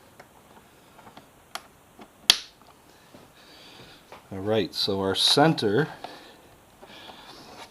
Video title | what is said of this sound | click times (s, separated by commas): Carbon !!! -- Putting all my cowling and fairing pieces back on the FZ6R - Carbon !!! | push the thing in pop the pin you can hear it snap in place alright | 2.3 s